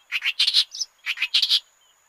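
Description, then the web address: Clamorous reed warbler singing two short bursts of loud, harsh, croaking syllables in quick succession, rasping notes with a higher squeaky note between them. "Schulze Peter Clamorous Reed-Warbler song"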